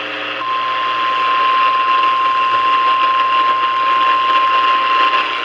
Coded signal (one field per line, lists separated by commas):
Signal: Emergency Alert System (SAME) tones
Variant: 1050 Hz attention tone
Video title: SAN ANTONIOS CATCHING ALERTS... EAS Alerts From 7/12/26 - 7/15/26 (EAS#6,257 - #6,289)